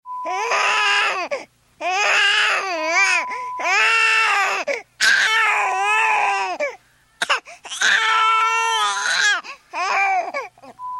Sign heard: Crying baby.